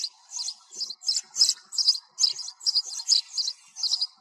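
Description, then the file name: Sparrow chirping steadily, high twittery notes repeated in a steady series. Sparrow calling to its flock. "tieng se goi bay"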